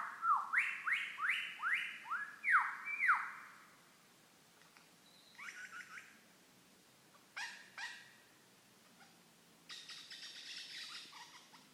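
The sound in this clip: Lyrebird song opening with a fast series of loud, sweeping whistles, followed by scattered sharp clicks, chips and a burst of harsh rasping notes.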